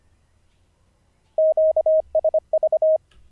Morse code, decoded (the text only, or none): QSV